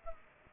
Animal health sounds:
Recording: mosquito wingbeat signal from an infrared sensor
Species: Culex pipiens

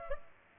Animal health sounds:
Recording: mosquito wingbeat signal from an infrared sensor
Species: Culex pipiens

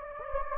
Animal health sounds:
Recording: mosquito wingbeat signal from an infrared sensor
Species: Anopheles gambiae

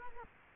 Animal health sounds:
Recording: mosquito wingbeat signal from an infrared sensor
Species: Culex quinquefasciatus

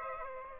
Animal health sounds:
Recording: mosquito wingbeat signal from an infrared sensor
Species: Aedes aegypti

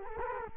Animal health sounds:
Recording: mosquito wingbeat signal from an infrared sensor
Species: Culex quinquefasciatus

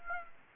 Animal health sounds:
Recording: mosquito wingbeat signal from an infrared sensor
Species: Aedes aegypti

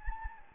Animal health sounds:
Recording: mosquito wingbeat signal from an infrared sensor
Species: Anopheles gambiae

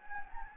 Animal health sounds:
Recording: mosquito wingbeat signal from an infrared sensor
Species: Anopheles gambiae

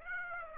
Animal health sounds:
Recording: mosquito wingbeat signal from an infrared sensor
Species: Aedes aegypti

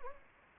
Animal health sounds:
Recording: mosquito wingbeat signal from an infrared sensor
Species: Anopheles gambiae

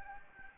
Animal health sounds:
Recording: mosquito wingbeat signal from an infrared sensor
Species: Aedes aegypti

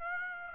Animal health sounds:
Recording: mosquito wingbeat signal from an infrared sensor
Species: Aedes aegypti

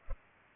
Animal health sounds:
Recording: mosquito wingbeat signal from an infrared sensor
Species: Culex pipiens

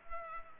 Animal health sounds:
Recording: mosquito wingbeat signal from an infrared sensor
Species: Culex pipiens

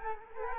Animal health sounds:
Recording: mosquito wingbeat signal from an infrared sensor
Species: Culex quinquefasciatus

